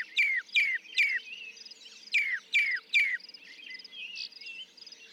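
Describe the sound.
Northern mockingbird song: a slurred descending whistled note repeated three times, a brief pause, then three more, with a soft insect buzz and faint low hum underneath.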